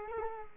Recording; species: mosquito wingbeat signal from an infrared sensor; Culex quinquefasciatus